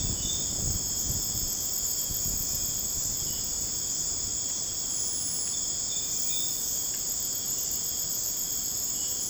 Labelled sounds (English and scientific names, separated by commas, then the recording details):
none
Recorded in dense forest near Puerto Asís, Putumayo, Colombia, on 21 December 2024 at 02:00
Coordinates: 0.481, -76.323
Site G100